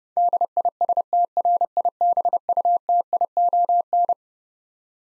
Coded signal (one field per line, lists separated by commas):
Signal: Morse code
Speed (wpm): 31 wpm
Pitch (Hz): 700 Hz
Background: none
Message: DISTRIBUTION